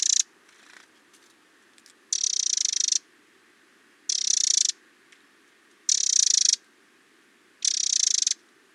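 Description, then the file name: Eurasian wren rattling in loud, grating bursts that repeat about every one and a half to two seconds, with faint softer ticks at the start. "Troglodytes troglodytes"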